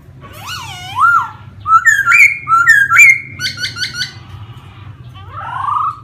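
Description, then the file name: Laughingthrush song: looping whistles, then quick rising and repeated sharp notes, ending with a soft slurred note, against a constant low hum. Song in the 'giọng rừng' (wild voice) style. "Tieng khuou hot giong rung"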